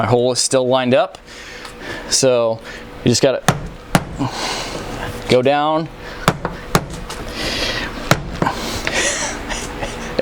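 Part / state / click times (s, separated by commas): door window trim clip into door pinch weld / not seated / none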